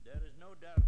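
Two dull, low thumps about six-tenths of a second apart, with faint hum between them: an adult's heartbeats.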